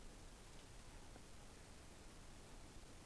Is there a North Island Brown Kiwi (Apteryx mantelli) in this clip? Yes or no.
no